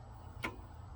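A plastic locking cap is pushed down onto the transmission fluid check/fill tube of a Mercedes Sprinter. It gives a single short, sharp click at 0.45 s over a low steady hum, and the cap is seated.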